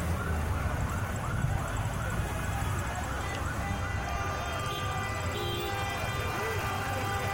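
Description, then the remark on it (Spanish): Police car sirens wail in rising and falling sweeps through a dense, steady wash of crowd noise and wind, with indistinct voices mixed in throughout, recorded at midday. “Ahí se escuchan las bocinas policiales, ¿no?”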